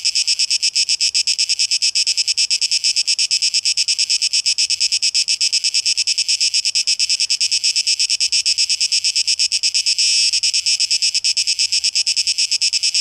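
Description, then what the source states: Cicada song: shrill pulsing buzz, fast and unbroken, with a slight swell in intensity partway through before settling again. Recorded 12 August 2023; tape echo mix.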